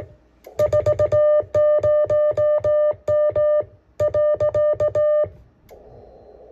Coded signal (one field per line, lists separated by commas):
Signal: Morse code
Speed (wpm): 17 wpm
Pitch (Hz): 600 Hz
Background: music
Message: 40M .